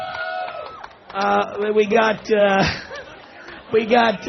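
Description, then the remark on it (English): Overlapping voices of a big party crowd chatter together at a steady, fairly loud level, with a few voices rising above the babble in short bursts of animated talk, at the Playboy Mansion in Holby Hills, Los Angeles, on a Southern California summer evening. “On a perfect Southern California summer evening. Perfect. With a big crowd.”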